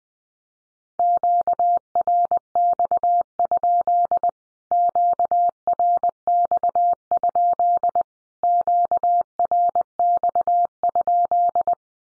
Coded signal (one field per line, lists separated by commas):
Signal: Morse code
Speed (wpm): 19 wpm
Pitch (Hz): 700 Hz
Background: none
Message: QRX? QRX? QRX?